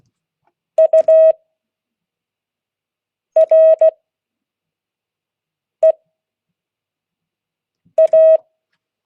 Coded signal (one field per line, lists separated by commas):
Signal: Morse code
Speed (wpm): 16 wpm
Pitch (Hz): 640 Hz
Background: none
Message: UREA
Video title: Monday 2022-08-08 Morse code class